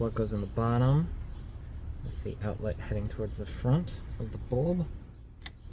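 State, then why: Seated. Someone talks while a replacement HID headlight bulb for a 2015 Chevrolet Camaro LT RS is oriented with its plug at the bottom and its outlet heading toward the front of the bulb. The bulb is pressed gently into the headlight housing, and a short, sharp click at 5.5 s marks it locking into place, seated.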